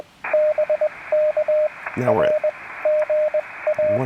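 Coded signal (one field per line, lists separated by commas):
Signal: Morse code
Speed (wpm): 21 wpm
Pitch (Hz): 610 Hz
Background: speech, radio noise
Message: BK R GA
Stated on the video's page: QRPp CW POTA park activation at one-tenth of a watt, Elecraft K2, 40m homebrew EFHW, Begali Traveler paddle or bug emulator.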